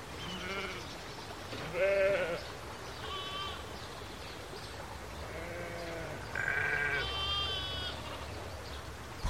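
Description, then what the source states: Sheep bleating: several wavering bleats of differing pitch, some higher like lambs, spread throughout over a soft background hiss. Country scene in a meadow with sheep and lambs and a stream.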